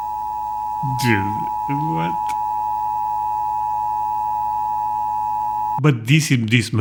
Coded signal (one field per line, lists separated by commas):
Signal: Emergency Alert System (SAME) tones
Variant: 853 and 960 Hz attention tone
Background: speech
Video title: European Reacts to Emergency Alert Systems (EAS) are Scary